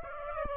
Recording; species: mosquito wingbeat signal from an infrared sensor; Aedes aegypti